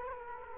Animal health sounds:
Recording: mosquito wingbeat signal from an infrared sensor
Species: Culex quinquefasciatus

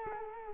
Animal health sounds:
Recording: mosquito wingbeat signal from an infrared sensor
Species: Culex quinquefasciatus

